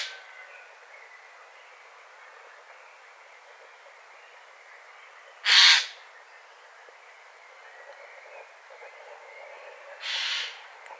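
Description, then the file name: Eurasian jay making two short, hoarse screeches several seconds apart, after the tail of another at the very start, with faint background hiss between them. "Garrulus glandarius"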